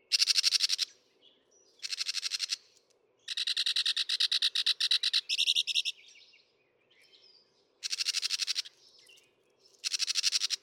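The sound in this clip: Northern mockingbird song in bursts of rapid, harsh, buzzy repeated notes separated by short gaps, the phrase type changing midway.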